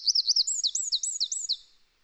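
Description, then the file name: Eurasian wren song, a fast series of high, looping whistled notes repeated in quick succession, fading out after under two seconds. "Troglodytes troglodytes"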